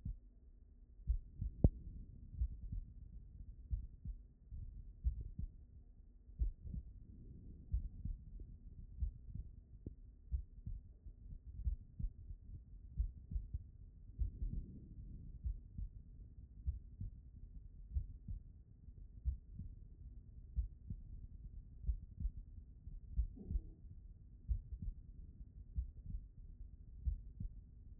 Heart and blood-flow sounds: heart sounds by stethoscope; pulmonary valve (PV)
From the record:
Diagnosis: non-HFrEF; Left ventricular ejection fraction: 72%

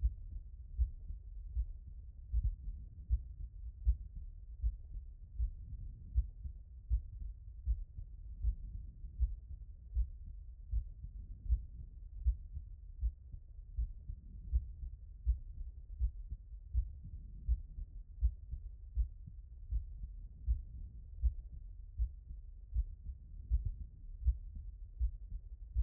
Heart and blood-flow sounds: heart sounds by stethoscope; pulmonary valve (PV)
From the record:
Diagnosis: non-HFrEF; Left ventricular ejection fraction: 59%

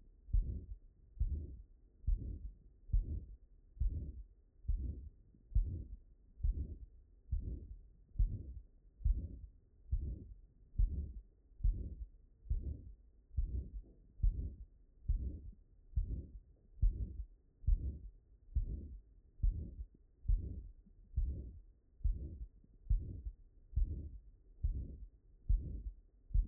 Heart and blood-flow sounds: heart sounds by stethoscope; mitral valve (MV)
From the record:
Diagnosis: non-HFrEF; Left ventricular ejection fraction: 61%

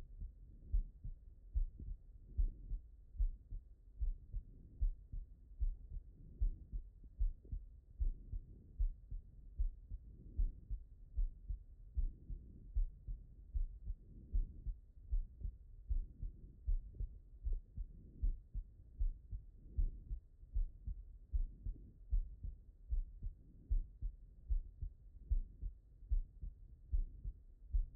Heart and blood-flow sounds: heart sounds by stethoscope; pulmonary valve (PV)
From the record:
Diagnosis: non-HFrEF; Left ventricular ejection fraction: 60%

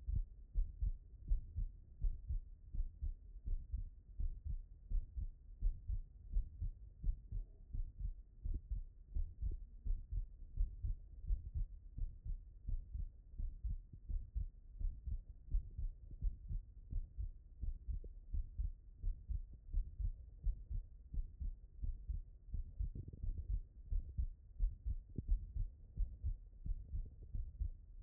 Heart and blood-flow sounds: heart sounds by stethoscope; pulmonary valve (PV)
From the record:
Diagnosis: HFrEF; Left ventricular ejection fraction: 28%

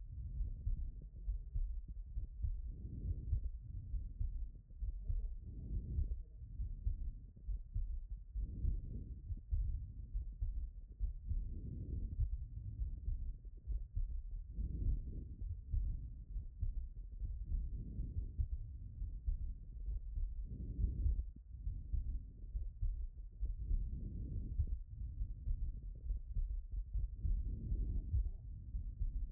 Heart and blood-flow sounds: heart sounds by stethoscope; aortic valve (AV)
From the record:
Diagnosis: non-HFrEF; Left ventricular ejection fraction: 57%

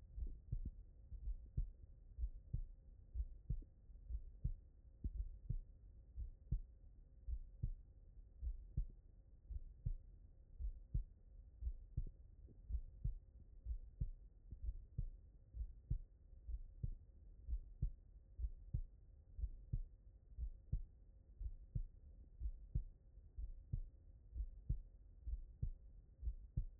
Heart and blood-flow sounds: heart sounds by stethoscope; tricuspid valve (TV)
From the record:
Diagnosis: non-HFrEF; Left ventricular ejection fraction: 57%

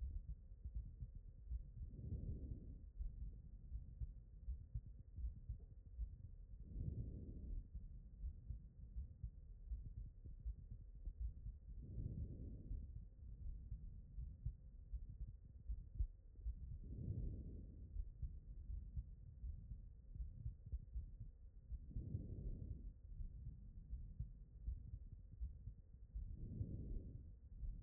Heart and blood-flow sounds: heart sounds by stethoscope; pulmonary valve (PV)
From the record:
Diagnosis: non-HFrEF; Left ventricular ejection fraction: 67%

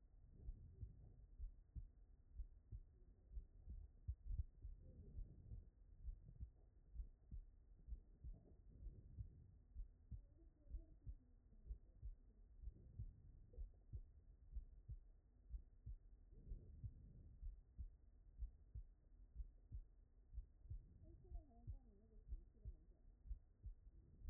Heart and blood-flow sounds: heart sounds by stethoscope; aortic valve (AV)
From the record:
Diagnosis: non-HFrEF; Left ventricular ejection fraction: 56%

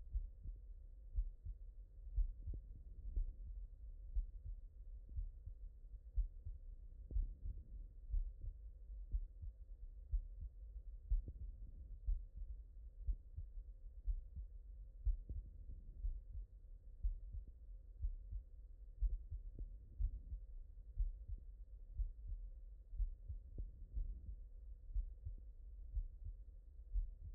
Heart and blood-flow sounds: heart sounds by stethoscope; mitral valve (MV)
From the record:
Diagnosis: non-HFrEF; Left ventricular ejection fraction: 60%

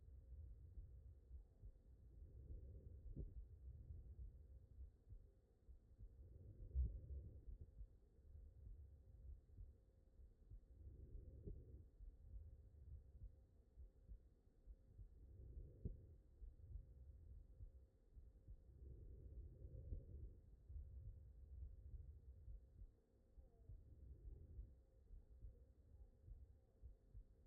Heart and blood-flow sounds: heart sounds by stethoscope; aortic valve (AV)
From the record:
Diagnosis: non-HFrEF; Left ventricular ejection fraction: 66%

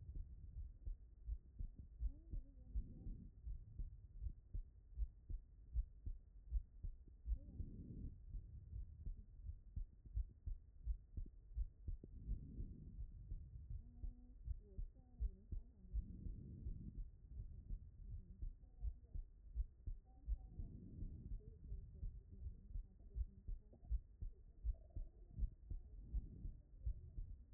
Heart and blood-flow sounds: heart sounds by stethoscope; pulmonary valve (PV)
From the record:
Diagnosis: non-HFrEF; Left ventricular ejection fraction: 74%

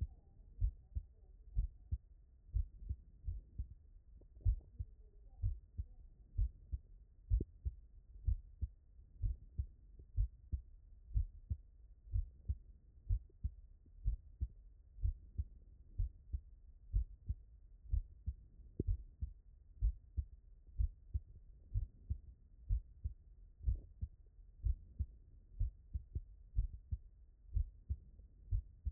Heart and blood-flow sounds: heart sounds by stethoscope; tricuspid valve (TV)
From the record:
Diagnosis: non-HFrEF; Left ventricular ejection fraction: 69%

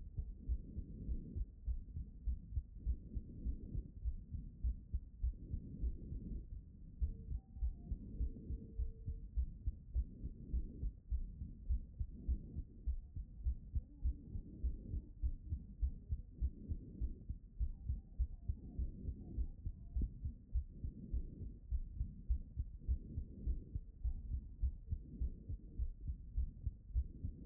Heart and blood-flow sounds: heart sounds by stethoscope; pulmonary valve (PV)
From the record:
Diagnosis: non-HFrEF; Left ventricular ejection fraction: 45%

